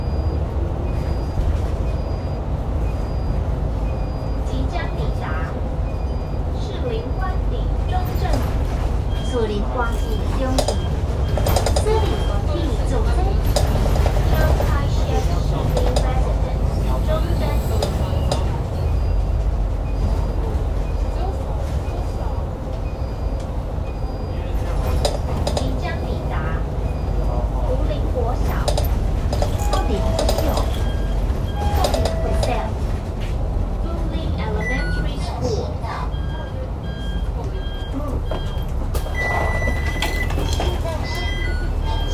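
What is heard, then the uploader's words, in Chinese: Inside a moving vehicle, a heavy low rumble runs throughout as the body jolts and rattles, with frequent knocks and clatters. Voices murmur in the background, and short electronic card-reader beeps ring out now and then, most clearly near the end. 我在公車上。車體顛頗聲。上下車嗶卡聲（全票、定期票、學生票、請再試一次）。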